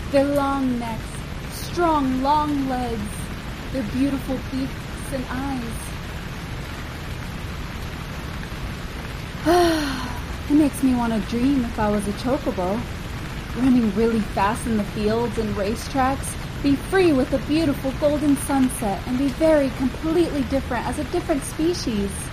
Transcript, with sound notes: Their long necks. Strong long legs. Their beautiful beaks and eyes. (Sigh) it makes me wanna dream if I was a chocobo. Running really fast in the fields and race tracks, be free with a beautiful golden sunset, and be very completely different as a different species.